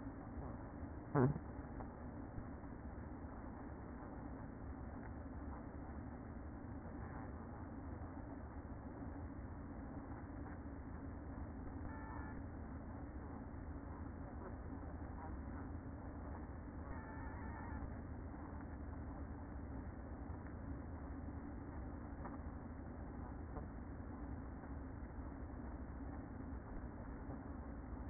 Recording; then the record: honeybee colony, microphone inside the hive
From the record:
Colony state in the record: queen present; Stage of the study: after two queens were removed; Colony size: about 60,000 bees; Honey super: yes